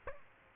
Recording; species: mosquito wingbeat signal from an infrared sensor; Aedes aegypti